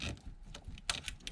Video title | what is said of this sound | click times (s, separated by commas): AC Conversion From R12 to R134a: Part 2: Installing The New Parts | there it is the spring click clicked in there hard | 0.9 s